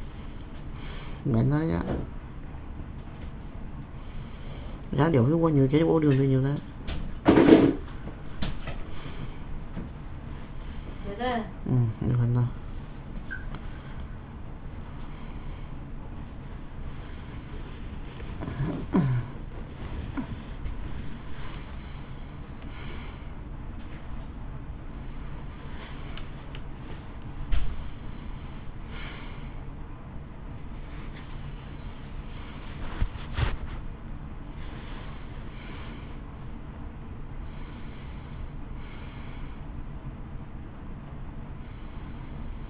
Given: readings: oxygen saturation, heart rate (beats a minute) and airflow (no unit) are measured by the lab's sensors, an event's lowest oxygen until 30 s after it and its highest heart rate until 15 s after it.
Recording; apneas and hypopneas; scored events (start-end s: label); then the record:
a person awake in a sleep study, by a smartphone at the bedside; none
0.00-42.70 s: awake
From the record:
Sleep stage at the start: awake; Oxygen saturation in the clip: 90 to 93%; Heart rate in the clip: 63 to 69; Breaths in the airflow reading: 13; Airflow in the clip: -13.5 to 12.5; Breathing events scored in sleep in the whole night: 328 in 6.3 hours asleep